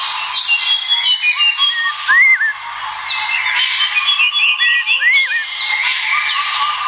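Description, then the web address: Bird calls, a busy chorus of squawks and chirps with slurred whistled notes rising and falling, several birds calling at once throughout. "sikioto birds asiatori"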